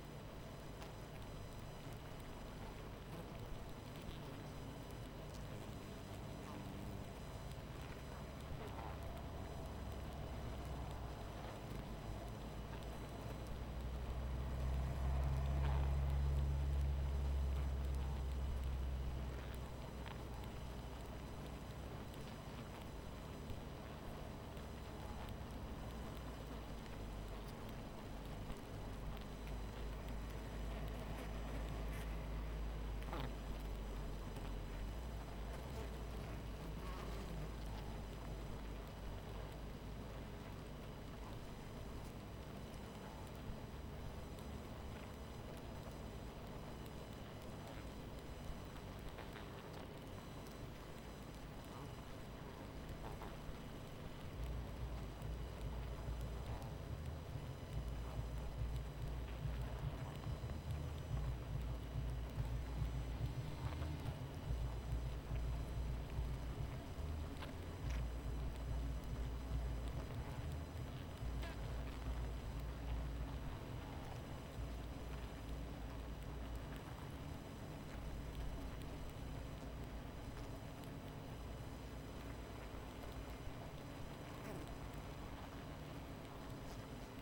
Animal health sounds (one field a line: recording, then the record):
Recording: honeybee colony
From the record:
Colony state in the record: missing queen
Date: 14 July 2017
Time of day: 23:32